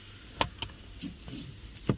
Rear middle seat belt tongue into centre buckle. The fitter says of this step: lock ചെയ്യാം കണ്ടോ